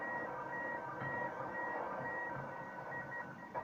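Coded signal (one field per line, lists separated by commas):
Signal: SSTV (slow-scan television)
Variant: PD120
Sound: steady tones alternating near 1.9 and 1.5 kHz, repeating twice a second, under heavy hiss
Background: radio static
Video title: 2020 08 05 International Space Station émissions SSTV sur 145.800 MHz(1)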